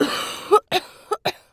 Female cough.